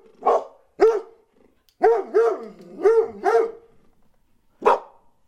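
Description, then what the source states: Dog barks: deep, full barks, two early ones, then a quick series of four, and a single last bark after a pause. Large dogs, more than one animal, barking.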